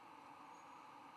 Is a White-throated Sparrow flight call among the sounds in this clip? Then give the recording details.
no. No flight call is heard. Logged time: 02:13 on 17 November 2014